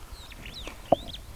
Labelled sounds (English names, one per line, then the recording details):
Superb Starling flight call
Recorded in Kenya